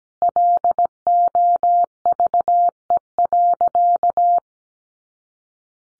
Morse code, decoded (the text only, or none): LOVE.